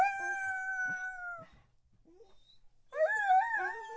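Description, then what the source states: Dog giving a long steady whine, a quiet gap, then a wavering yodel-like whine. Dog begging.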